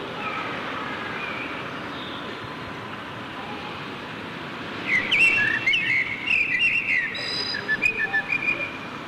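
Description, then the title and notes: Common blackbird song: faint notes early on, then from about five seconds a louder phrase of whistled notes and rapid high twittering, over faint constant background noise. Backyard in Berlin, June 2003; recorded as a reply to a blackbird recording from Bonn's old town. "Amsel im Hinterhof, Berlin, Juni 2003. sent by maik johannsen"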